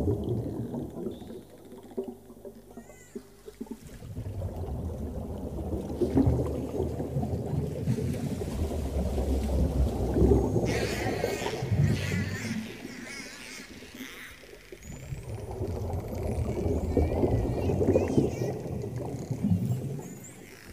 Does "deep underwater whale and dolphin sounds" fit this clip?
yes